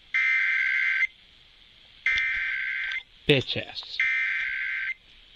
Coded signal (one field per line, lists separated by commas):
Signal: Emergency Alert System (SAME) tones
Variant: header bursts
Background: speech